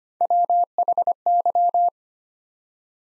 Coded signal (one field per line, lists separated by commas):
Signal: Morse code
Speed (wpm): 25 wpm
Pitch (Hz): 700 Hz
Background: none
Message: WHY